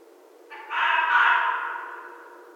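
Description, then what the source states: Red fox call starting with a brief rough note and swelling into a long, grating scream that slowly fades. Recorded 14 January 2012.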